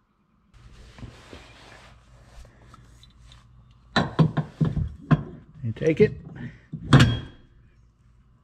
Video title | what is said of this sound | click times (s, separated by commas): Tesla Model X Towing | it up nice and steady spins back locked in place | 6.9 s